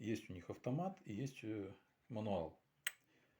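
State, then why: Seated. Someone talks while turning the metal aperture/exposure mode control on a Kvarts 1X8S-1 / 1X8S-2 Super 8 film camera into its automatic position. The control snaps into its auto-mode detent with a single sharp click at 2.9 s, and it is seated.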